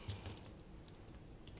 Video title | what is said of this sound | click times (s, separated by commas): CFPV-E250 DIY Drone Kit Part 4 - Camera Installation from Cyclone FPV | right there you'll kind of hear it pop in there and then we're gonna go ahead put | 1.6 s